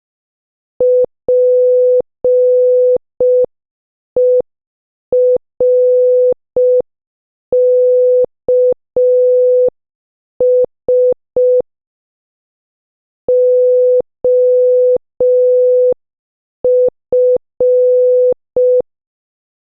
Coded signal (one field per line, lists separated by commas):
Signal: Morse code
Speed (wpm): 5 wpm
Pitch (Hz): 500 Hz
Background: none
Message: PERKS OF